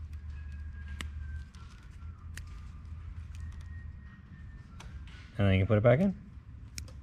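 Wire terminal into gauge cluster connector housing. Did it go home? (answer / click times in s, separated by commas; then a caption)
yes / 6.8 s. A bottom-row metal wire terminal is pushed back into the plastic connector housing of a Subaru gauge cluster while someone talks. It snaps home with a sharp click at 6.8 s, and the terminal is seated.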